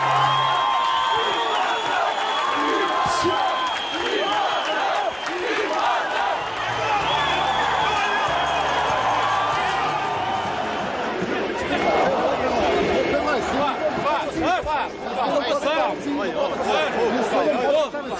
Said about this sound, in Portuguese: mas mais do que me ouvirem aqui a falar, podemos escutar os sons da manifestação, o verdadeiro ambiente local em Lisboa e no Porto. Mais uma vez, à boleia da RTP.